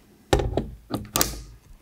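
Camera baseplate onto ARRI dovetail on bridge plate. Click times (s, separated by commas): 1.2 s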